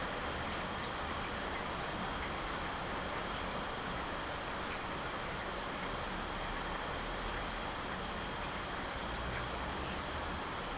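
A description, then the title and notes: Gentle rain falls steadily and densely, a constant hiss of fine drops with a soft low rumble underneath that never changes. The Gentle Rain Relaxes You.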